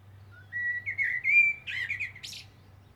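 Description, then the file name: Common blackbird with a single phrase: a drawn-out rising whistle, wavering fluty notes, then a short squeaky high twitter to finish. "Turdus merula"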